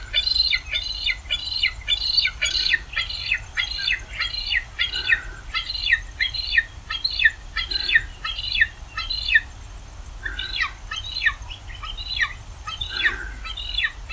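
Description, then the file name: Wedge-tailed eagle giving a fast series of shrill yelps, tightly packed at first, then spaced out with short pauses. "Aquila Audax"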